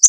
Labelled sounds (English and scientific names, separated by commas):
Connecticut Warbler (Oporornis agilis) flight call